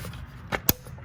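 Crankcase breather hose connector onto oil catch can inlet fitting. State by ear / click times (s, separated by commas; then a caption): seated / 0.7 s. A breather hose quick-connector is pushed onto the inlet fitting of an oil catch can on a BMW 135i E82 N54 after the flapper valve is put back in place. A softer knock at about 0.5 s is followed by a sharp, bright click at 0.7 s as the connector seats onto the fitting. It is confirmed on by a tug.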